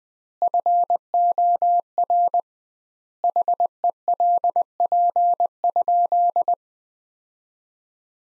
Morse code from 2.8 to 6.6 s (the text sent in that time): HELP?